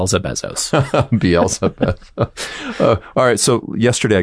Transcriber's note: laughs